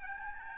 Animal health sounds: mosquito wingbeat signal from an infrared sensor; Aedes albopictus

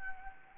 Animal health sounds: mosquito wingbeat signal from an infrared sensor; Anopheles arabiensis

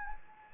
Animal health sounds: mosquito wingbeat signal from an infrared sensor; Anopheles gambiae

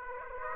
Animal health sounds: mosquito wingbeat signal from an infrared sensor; Aedes aegypti

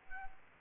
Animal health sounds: mosquito wingbeat signal from an infrared sensor; Aedes albopictus

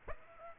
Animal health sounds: mosquito wingbeat signal from an infrared sensor; Aedes aegypti

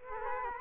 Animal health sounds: mosquito wingbeat signal from an infrared sensor; Culex quinquefasciatus

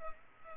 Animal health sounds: mosquito wingbeat signal from an infrared sensor; Culex pipiens

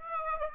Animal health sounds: mosquito wingbeat signal from an infrared sensor; Aedes aegypti

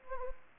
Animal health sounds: mosquito wingbeat signal from an infrared sensor; Anopheles gambiae

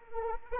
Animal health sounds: mosquito wingbeat signal from an infrared sensor; Anopheles arabiensis

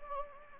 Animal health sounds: mosquito wingbeat signal from an infrared sensor; Anopheles gambiae

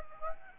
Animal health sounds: mosquito wingbeat signal from an infrared sensor; Aedes aegypti

